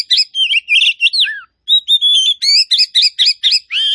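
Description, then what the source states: Oriental magpie-robin song: a fast run of varied whistled and scratchy notes, rising and falling phrases with a brief pause midway, then a final slurred note. Kacer poci variety, singing vigorously (gacor).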